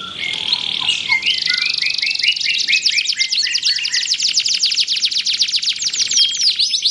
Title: Canto Para Esquentar Canário Belga. SUARA BURUNG : Kenari